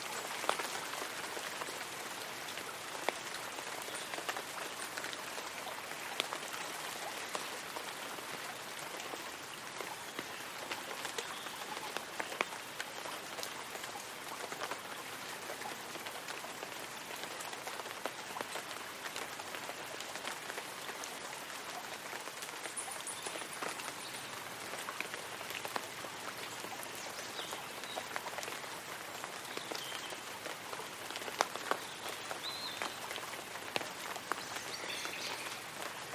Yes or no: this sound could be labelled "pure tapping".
no